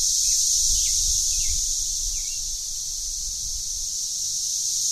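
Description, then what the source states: 13-year periodical cicada: thick, unbroken shrill chorus, loud and steady, slowly waxing and waning, with a few faint chirps and low background rumble. Mass emergence of 13-year cicadas under backyard trees, Franklin, Tennessee, Memorial Day 30 May 2011; pulses every 5–6 seconds, 90–99 decibels, morning until 7–8 pm, loudest from late morning.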